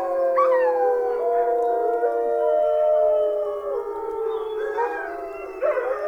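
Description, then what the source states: Wolf pack howling, smooth sustained tones held for seconds, gently bending, with a sharp rising note at the close. Several wolves howling together, described as howling at the moon.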